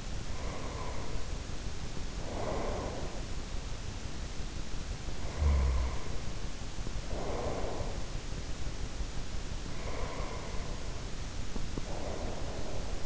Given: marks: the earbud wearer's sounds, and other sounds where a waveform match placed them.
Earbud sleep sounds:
sounds in sleep by an in-ear microphone; breath
0.00-3.31 s: breath
5.13-8.09 s: breath
9.62-13.05 s: breath

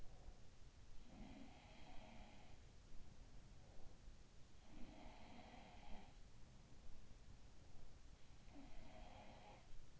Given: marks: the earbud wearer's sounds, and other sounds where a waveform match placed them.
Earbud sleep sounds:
sounds in sleep by an in-ear microphone; breath
0.00-0.37 s: breath
1.00-4.08 s: sound from someone else or the room
4.71-7.63 s: sound from someone else or the room
8.54-10.00 s: sound from someone else or the room

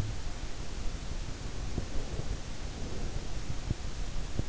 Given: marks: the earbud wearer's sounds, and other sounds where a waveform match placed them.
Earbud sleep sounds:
sounds in sleep by an in-ear microphone; breath
1.55-3.30 s: breath

